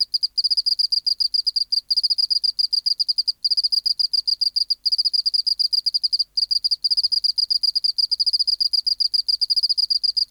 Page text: Teleogryllus oceanicus. BioAcoustica. Natural History Museum Sound Archive. Recording Location: BMNH Acoustic Laboratory Recorded by: W. J. Reynolds Date Recorded: Mandag, marts 19, 1984 Local time: 1115